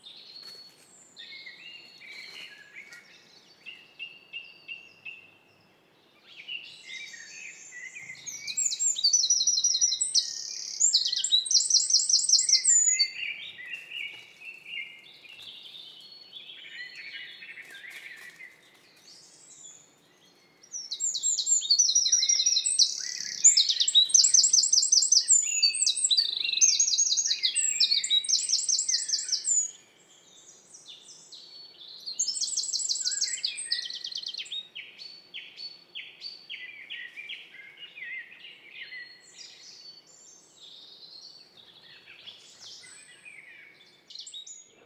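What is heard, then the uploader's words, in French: A spring chorus of birdsong, with high, rapid trilling phrases and chirps layered over one another. The singing comes in dense bursts, strongest around 8–13, 21–30 and 32–35 seconds, with quieter scattered calls between and almost no low sound underneath. Lesches et Saint Dizier en diois - nagra seven - 2X mkh40 et 8020. La grande symphonie du printemps.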